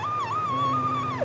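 A steady, high, whistling tone lasts just over a second with slight wavers in pitch. A doctor imitates, not exactly, the wheeze of asthma, one of three suspicious signs along with chronic cough and breathlessness. It is the whistling of air through airways narrowed to less than a coffee straw, so air is trapped in the lungs.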